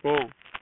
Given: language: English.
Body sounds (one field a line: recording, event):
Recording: throat vibration sensor signal played as sound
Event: speech